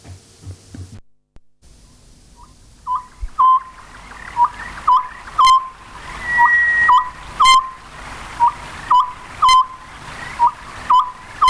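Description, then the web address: Oriental scops owl calling: short hooting notes repeated steadily in a rhythmic series, with sharp clicking noises mixed in and a quieter start before the calls begin. "sikioto. konohazuku"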